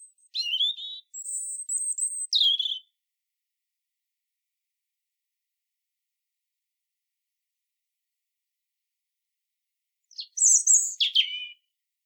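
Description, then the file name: European robin singing two phrases separated by a long silence, each mixing high thin whistles with quick descending warbled notes. "Erithacus rubecula"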